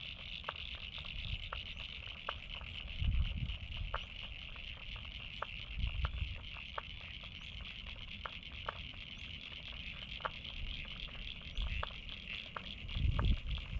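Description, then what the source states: Frog chorus with a continuous high trill and irregular short clicks, underlaid by low rumbles that swell briefly around three and thirteen seconds. Frogs recorded at North Head, Sydney, Australia.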